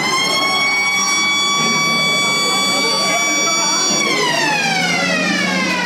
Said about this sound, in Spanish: Por fin sonó la sirena para poder ir al recreo.